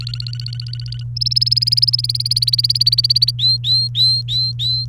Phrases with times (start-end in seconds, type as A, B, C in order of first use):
0.00-1.03 A, 1.16-3.31 B, 3.39-4.89 C